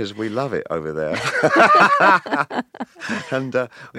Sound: laughter

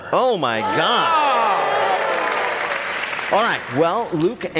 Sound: applause

